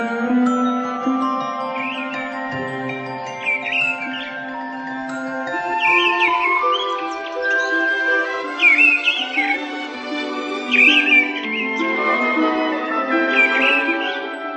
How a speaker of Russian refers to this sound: Весна в лесу уже на исходе. Деревья уже листьями шелестят, птицы кругом распевают.